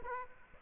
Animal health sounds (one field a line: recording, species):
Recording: mosquito wingbeat signal from an infrared sensor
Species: Aedes aegypti